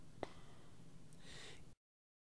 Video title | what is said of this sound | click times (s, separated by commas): How to replace backup battery on Roland TD-20 V-Drums Module | in reverse order angle it down into the bracket and then gently push to the right push it down and it will snap into place carefully | 0.2 s